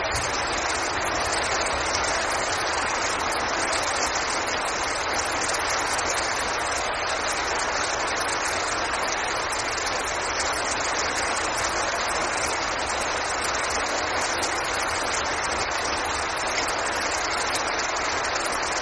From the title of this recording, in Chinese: 雷雨声 纯禅宗水滴